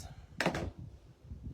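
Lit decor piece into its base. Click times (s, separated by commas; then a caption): 0.4 s. A piece of a lit Christmas decor project is pressed onto its plastic base and clicks into place at 0.4 s. A sharp, loud hit sounds at the click, followed by a second, softer knock just after. A brief bright rattle fades out by about 0.7 s, leaving quiet low rumble.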